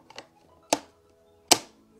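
After the brush roller is put back, the plastic roller cover grille is pressed onto the underside of an Ecovacs DEEBOT OZMO T9+ robot vacuum. Faint light taps come first, then two sharp plastic snaps at 0.7 s and 1.5 s as the grille clips into place and is seated.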